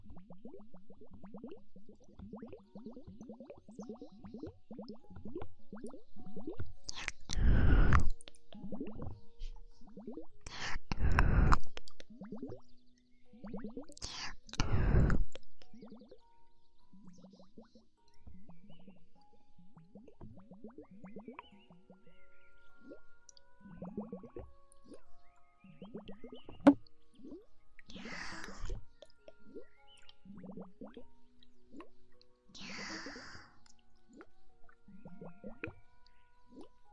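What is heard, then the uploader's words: Wet mouth sounds fill the clip, a steady run of soft smacks, pops and squishy clicks repeating every fraction of a second. Around 7, 11 and 15 seconds come louder, breathy bursts, with fainter hissy puffs near 28 and 33 seconds. ASMR Ear Eating Instant Tingles.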